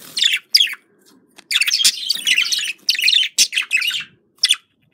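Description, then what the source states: Budgerigar chatter with quick chirps and a long scratchy warbled phrase, ending in a few sharp notes. Described as a love sound.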